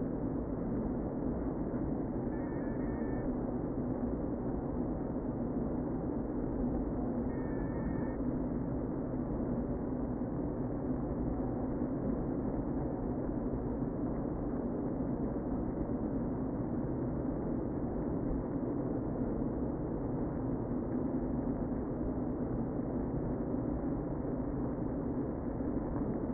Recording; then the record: honeybee colony, microphone inside the hive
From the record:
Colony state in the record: queen present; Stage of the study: before two queens were removed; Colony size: about 60,000 bees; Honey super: yes